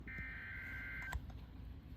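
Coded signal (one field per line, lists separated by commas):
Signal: Emergency Alert System (SAME) tones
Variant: header bursts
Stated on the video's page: Severe thunderstorm warning received on NOAA weather radios.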